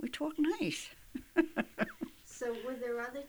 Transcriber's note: she laughs